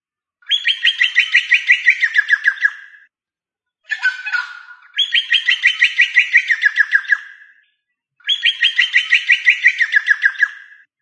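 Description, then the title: Chicken calls: three long series of rapid pulsed notes, each sliding gently downward, with one harsh squawk between the first and second series. "manok ostrali"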